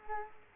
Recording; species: mosquito wingbeat signal from an infrared sensor; Culex quinquefasciatus